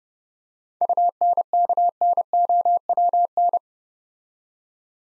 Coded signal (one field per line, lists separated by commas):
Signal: Morse code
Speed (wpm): 29 wpm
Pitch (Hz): 700 Hz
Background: none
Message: UNKNOWN